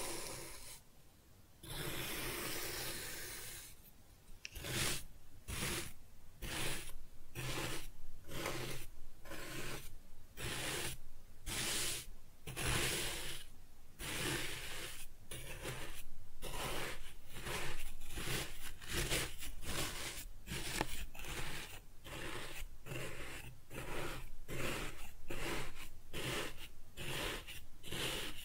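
Kinetic sand is cut and scooped in a long run of soft, grainy scraping strokes, each a hissing rasp broken by brief gaps. After a quieter opening, the strokes come steadily about once a second, bright and dense, with a faint low rumble beneath.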